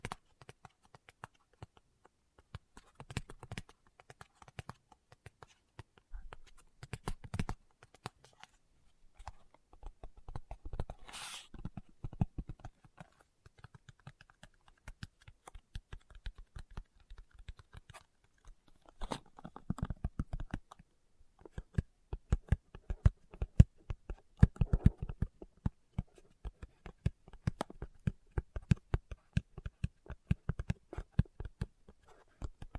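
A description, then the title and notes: Fingertips tap in quick, irregular bursts like typing, sparse early on and growing denser and louder after twenty seconds, with brief pauses between. ASMR Tapping with Fingertips (No Talking).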